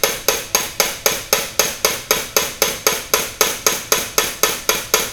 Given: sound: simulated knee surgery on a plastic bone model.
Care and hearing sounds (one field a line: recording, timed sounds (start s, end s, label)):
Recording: surgical tools on bone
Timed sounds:
0.04	0.04	chisel strike
0.29	0.29	chisel strike
0.55	0.55	chisel strike
0.80	0.80	chisel strike
1.06	1.06	chisel strike
1.33	1.33	chisel strike
1.60	1.60	chisel strike
1.85	1.85	chisel strike
2.11	2.11	chisel strike
2.37	2.37	chisel strike
2.62	2.62	chisel strike
2.87	2.87	chisel strike
3.14	3.14	chisel strike
3.41	3.41	chisel strike
3.67	3.67	chisel strike
3.92	3.92	chisel strike
4.18	4.18	chisel strike
4.43	4.43	chisel strike
4.69	4.69	chisel strike
4.94	4.94	chisel strike